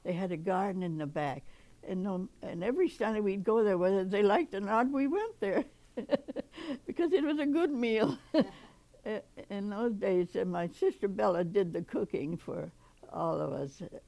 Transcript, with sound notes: They had a garden in the back. And every Sunday we'd go there. Whether they liked it or not, we went there [chuckles] because it was a good meal. In those days, and my sister, Bella, did the cooking for all of us.